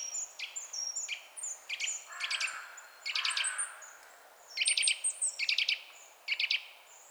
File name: Sitta europaea